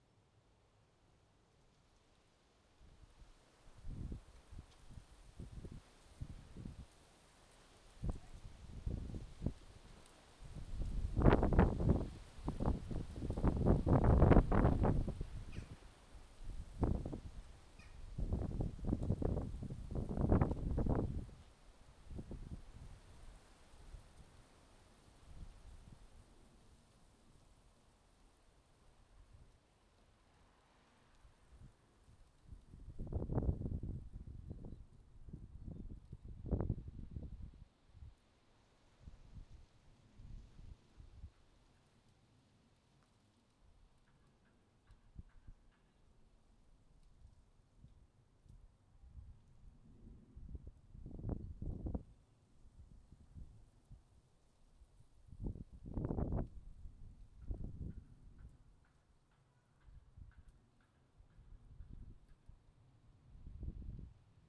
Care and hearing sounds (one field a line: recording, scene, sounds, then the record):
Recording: everyday scene through a hearing-aid microphone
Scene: wind on the microphone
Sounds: wind, traffic, birds, plane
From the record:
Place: suburban garden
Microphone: in the ear canal, left